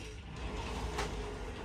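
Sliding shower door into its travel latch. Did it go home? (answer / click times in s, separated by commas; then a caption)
no / none. A sliding shower door in a fifth-wheel RV is pushed back toward its travel latch. A steady low rumble fills the clip, with a brief broadband brush of the slide near 1.0 s. The door has not latched yet, and no click is heard.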